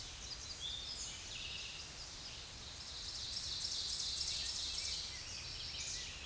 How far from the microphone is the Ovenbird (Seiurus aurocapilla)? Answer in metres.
about 40 m